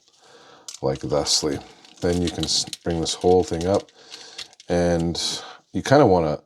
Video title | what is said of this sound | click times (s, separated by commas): Transformers Studio Series 51 Dotm SOUNDWAVE | And you bring it up and it almost wants to snap right into place on its own. | 0.7 s